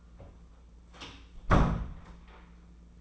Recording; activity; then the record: daily activity, microphone in the room; close door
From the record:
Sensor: 1